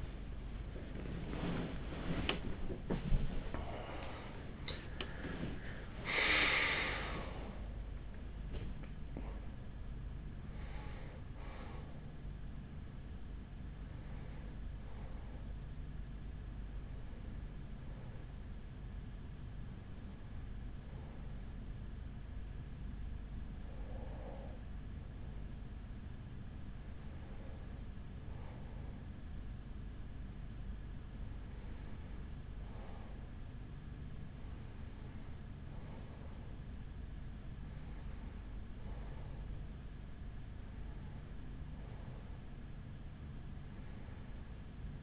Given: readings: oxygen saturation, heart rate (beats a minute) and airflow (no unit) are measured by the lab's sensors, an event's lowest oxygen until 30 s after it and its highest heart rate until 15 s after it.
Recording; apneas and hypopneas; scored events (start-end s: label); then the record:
breathing in sleep by a smartphone at the bedside; 1
0.00-18.00 s: awake
16.00-45.03 s: new sleep stage, N1 (lightest sleep)
21.00-35.70 s: hypopnea (N1, oxygen 97% highest, then 93% lowest, heart rate 70 at the start, 70 highest)
From the record:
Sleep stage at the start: awake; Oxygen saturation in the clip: 94 to 97%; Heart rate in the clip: 47 to 79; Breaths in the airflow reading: 11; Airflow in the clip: -16.6 to 11.0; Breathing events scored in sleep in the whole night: 207 in 7.6 hours asleep